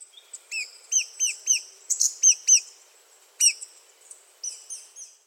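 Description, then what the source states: Brown Thornbill calling with sharp, high, hooked chirps in quick, uneven bursts, with no other clear sounds. Little three-note call or four-note warble; lives low in understorey shrubs and low trees in parks, gardens, forests, woodlands, scrub and heath; eastern Australia from southeastern Queensland to Tasmania.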